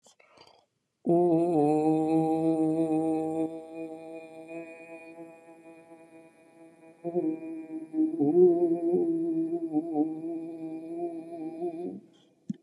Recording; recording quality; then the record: sustained vowel as in boot; excellent, no background noise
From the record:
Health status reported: COVID-19 positive, mild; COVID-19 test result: positive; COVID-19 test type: RT-PCR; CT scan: not taken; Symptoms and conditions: fatigue, diabetes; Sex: female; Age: 51 years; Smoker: no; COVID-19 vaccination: both doses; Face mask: not worn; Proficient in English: yes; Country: India